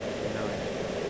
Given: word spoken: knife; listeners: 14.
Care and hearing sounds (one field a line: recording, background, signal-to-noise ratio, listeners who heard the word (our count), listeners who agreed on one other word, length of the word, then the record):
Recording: one English word in noise, from a listening test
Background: speech-shaped noise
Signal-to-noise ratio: -6.3 dB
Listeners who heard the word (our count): 1 of 14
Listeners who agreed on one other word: 6 of 14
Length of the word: 0.70 s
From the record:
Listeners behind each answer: 6, 2, 1, 1, 1, 1, 1, 1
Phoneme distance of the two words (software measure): 10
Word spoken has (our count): 1 syllable, 3 phonemes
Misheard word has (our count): 1 syllable, 3 phonemes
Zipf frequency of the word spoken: 4.49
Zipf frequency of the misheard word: 5.07